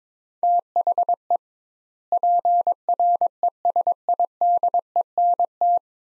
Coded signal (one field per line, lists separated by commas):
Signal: Morse code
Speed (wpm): 22 wpm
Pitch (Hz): 700 Hz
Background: none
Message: THE PRESIDENT